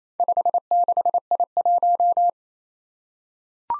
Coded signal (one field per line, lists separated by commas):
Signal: Morse code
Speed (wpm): 29 wpm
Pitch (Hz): 700 Hz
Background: none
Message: 56I1